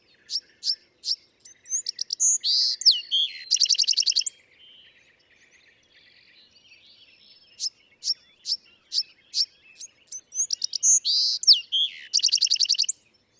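Bewick's wren singing two full songs: quick high introductory notes, a burbled whistle, a buzzy rattling trill, separated by a few seconds of quiet.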